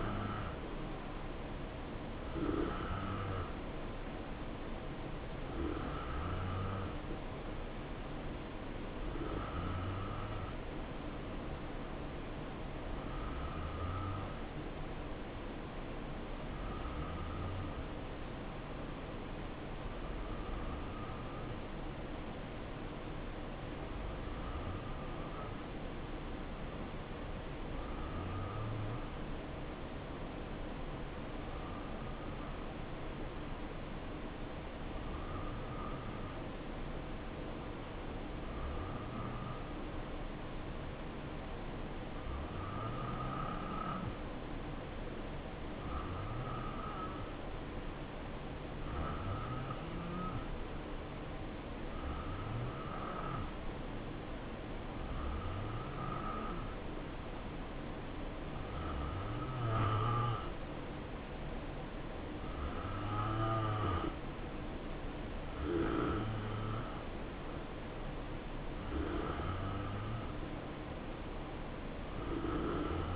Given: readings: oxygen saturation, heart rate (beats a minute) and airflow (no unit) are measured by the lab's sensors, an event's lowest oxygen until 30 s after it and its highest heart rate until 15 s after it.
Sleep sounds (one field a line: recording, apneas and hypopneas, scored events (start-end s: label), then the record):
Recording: breathing in sleep by a voice recorder at the bedside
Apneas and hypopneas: 1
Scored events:
15.00-54.40 s: hypopnea (N2, oxygen 93% highest, then 87% lowest, heart rate 66 at the start, 69 highest)
From the record:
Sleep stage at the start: N2 (light sleep)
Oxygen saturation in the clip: 86 to 93%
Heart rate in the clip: 62 to 72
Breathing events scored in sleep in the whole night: 277 in 7.4 hours asleep